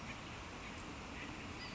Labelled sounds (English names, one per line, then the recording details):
Western Flycatcher
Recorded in Sonoma County, California